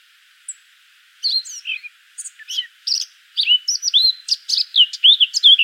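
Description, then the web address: Eurasian blackcap song opening with a few isolated notes, then a steadily louder, busy warble of chirps and fluty slurs. "pub SETE data Sylvia atricapilla 102016"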